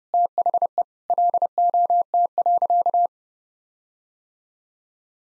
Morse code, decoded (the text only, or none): THE LOT.